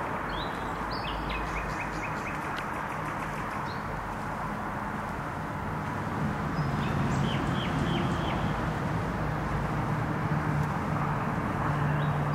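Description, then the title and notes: Nightingale song: a burst of rapid repeated notes, then quieter scattered whistles, over loud traffic noise and a low droning hum. Singing in bushes beside the noisy Trasa Toruńska motorway, Bródno-Podgrodzie, Warsaw, Poland; recorded with an Olympus LS-11. "Bródno-Podgrodzie, Warszawa, Polska - Trasa Toruńska Nightingale. Recording nightingale singing in bushes close to noisy motorway"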